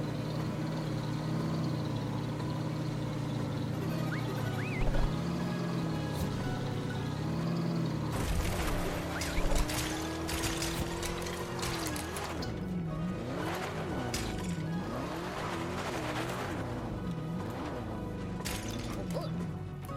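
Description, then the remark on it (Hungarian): A small motorboat engine drones steadily, then surges into a loud roar with splashing noise, its pitch swooping up and down in repeated revs as it speeds away. “Inkább csak csapatom bele a semmibe. A kis motorcsónakommal.”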